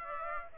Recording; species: mosquito wingbeat signal from an infrared sensor; Aedes aegypti